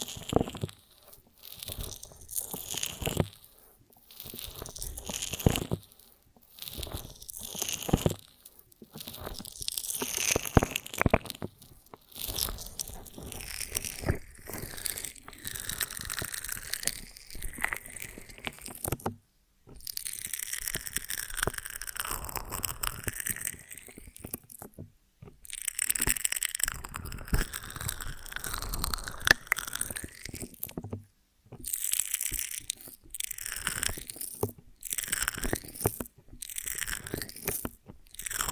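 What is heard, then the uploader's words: Chewing on a honeycomb on a branch, with sticky, crunchy bites and wet tearing sounds repeating in bursts throughout. Dense stretches of crackly chewing alternate with brief silences, notably near 19, 25 and 31 seconds, and the bites sometimes slide into brighter, smeared squelches. ASMR of a Honeycomb on Branch (No Talking).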